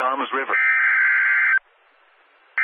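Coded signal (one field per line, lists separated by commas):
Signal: Emergency Alert System (SAME) tones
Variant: header bursts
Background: speech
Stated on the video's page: Flash flood warning SAME tones broadcast on NOAA Weather Radio station.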